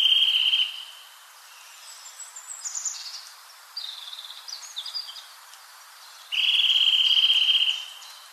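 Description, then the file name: Eurasian nuthatch with a rapid, level trill fading out at the start and another lasting over a second later, with short high notes in between. "Sitta europaea"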